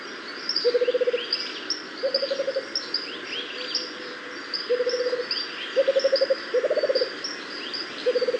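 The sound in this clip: Rufous-capped motmot call: short low trilled hoot series recurring every second or two, some doubled, over a soft chorus of high chirping birds.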